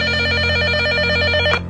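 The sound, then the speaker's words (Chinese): A telephone rings steadily with a bright, rapidly pulsing electronic trill over a low hum, cutting off abruptly near the end; a detective's call to the police criminal investigation brigade at 6 a.m. “早上6点，苗振带着刑警撤回刑侦大队，朱葛平终于打来了电话。”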